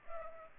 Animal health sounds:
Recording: mosquito wingbeat signal from an infrared sensor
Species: Culex pipiens

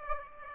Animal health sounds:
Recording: mosquito wingbeat signal from an infrared sensor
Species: Aedes aegypti

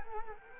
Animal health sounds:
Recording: mosquito wingbeat signal from an infrared sensor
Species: Culex quinquefasciatus

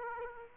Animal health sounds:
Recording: mosquito wingbeat signal from an infrared sensor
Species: Aedes aegypti

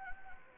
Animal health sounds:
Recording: mosquito wingbeat signal from an infrared sensor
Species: Anopheles gambiae

